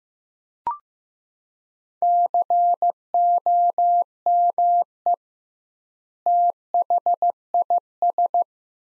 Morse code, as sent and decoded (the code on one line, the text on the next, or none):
-.-. --- -- . / - .... .. ...
COME THIS